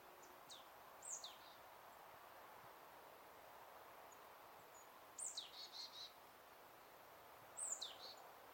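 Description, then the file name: Marsh tit calls: faint, thin, high downslurred notes in three short bursts, the middle one longer, over steady background hiss. "Poecile palustris"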